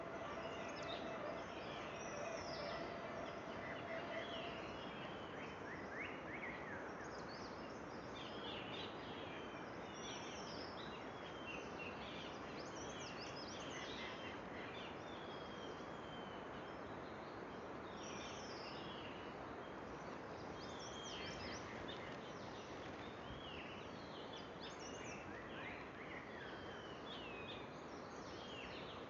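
Birds sing through an early-morning chorus in the Garhwal Himalayas, with many short chirps and whistled calls scattered across the whole clip. A steady, dense hiss sits underneath at an even level throughout, and a faint thin tone lingers during the first few seconds.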